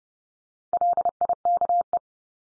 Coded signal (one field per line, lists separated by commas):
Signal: Morse code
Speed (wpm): 30 wpm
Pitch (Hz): 700 Hz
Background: none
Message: LIKE